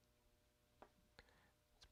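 A SIM-card ejector tool pushes a small plastic wire connector fully into its socket on a flight-controller board. A faint tap at 0.8 s comes before a sharp, positive click at 1.2 s as the connector seats, and another soft click follows at 1.8 s. The connector is confirmed seated in its socket.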